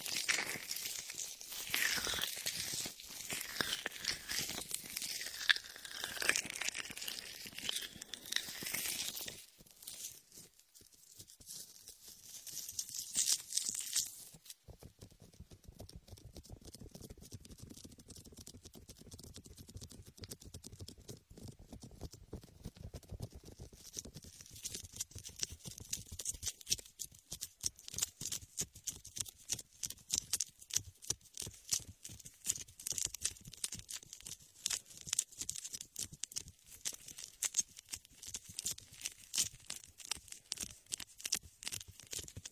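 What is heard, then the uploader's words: Latex ear massage with shaving foam: wet crinkling and squelching patter, bright and busy at first, then sparser rubbing before dense rapid crackles resume. Latex ear massage with shaving foam for comfort.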